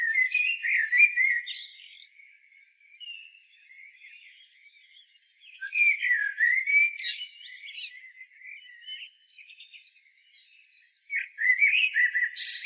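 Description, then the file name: Common blackbird song in three bursts, each a few low mellow whistles topped by shrill squeaky notes, separated by pauses of several seconds. "Turdus merula"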